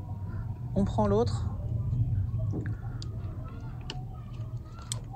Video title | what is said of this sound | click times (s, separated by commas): Tesla Model 3 et Y : Un Ecran additionnel incroyablement minuscule ! | on entend clips après on vient repositionner ici sa proprement | 4.9 s